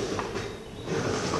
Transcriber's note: sounds of boxes being opened